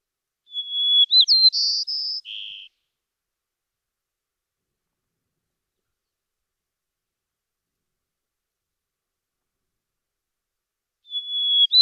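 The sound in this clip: White-crowned sparrow singing a whistled opening followed by buzzy trills and a lower buzzy ending, then quiet for about eight seconds before the next song begins.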